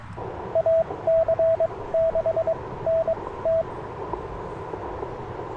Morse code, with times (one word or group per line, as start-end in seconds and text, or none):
0.6-0.8 A
1.1-1.7 C
1.9-2.5 6
2.9-3.1 N
3.5-3.6 T